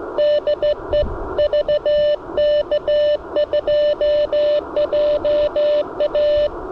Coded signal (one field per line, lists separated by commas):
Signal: Morse code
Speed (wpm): 18 wpm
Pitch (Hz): 590 Hz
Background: radio noise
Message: DE VK2JA